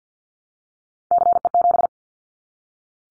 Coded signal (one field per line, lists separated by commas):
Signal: Morse code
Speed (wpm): 50 wpm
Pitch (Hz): 700 Hz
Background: none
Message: CE7